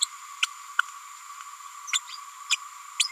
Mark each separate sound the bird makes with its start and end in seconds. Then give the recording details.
0.01-0.05, 0.42-0.46, 0.79-0.81, 2.49-2.57, 2.99-3.08. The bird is a female. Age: 30 days. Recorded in a nest box in Venezuela. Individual 17B102A6